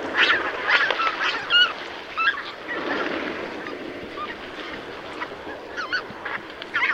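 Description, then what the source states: Goose: geese honking in quick irregular bursts, several calls overlapping, then quieter scattered honks. Recorded 5 September 2016.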